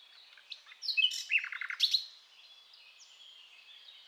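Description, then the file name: Common nightingale singing a brief, varied phrase of sharp chirps and a few quick rattling notes, then soft high twittering trailing off. "Luscinia megarhynchos"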